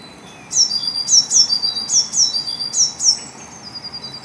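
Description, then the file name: Eurasian blue tit calls: thin, very high notes sliding sharply downward, given in quick pairs and repeated for about three seconds, with a steady faint hiss behind. "Cyanistes caeruleus"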